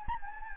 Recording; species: mosquito wingbeat signal from an infrared sensor; Anopheles gambiae